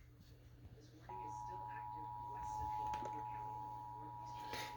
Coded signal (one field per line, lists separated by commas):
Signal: Emergency Alert System (SAME) tones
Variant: 853 and 960 Hz attention tone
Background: speech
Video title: EAS alerts from June 6-8 2025